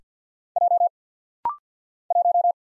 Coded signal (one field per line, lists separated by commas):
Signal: Morse code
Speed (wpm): 48 wpm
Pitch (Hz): 700 Hz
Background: none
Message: J 1